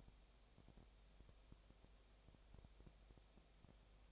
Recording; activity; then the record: daily activity, microphone in the room; no activity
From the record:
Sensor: 1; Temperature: 19.8 degrees Celsius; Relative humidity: 37.9%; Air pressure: 998.8 hPa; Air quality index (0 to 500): 233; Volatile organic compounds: 134 ppm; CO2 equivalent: 3949 ppm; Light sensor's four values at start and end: 1/2/1/1 and 1/2/1/1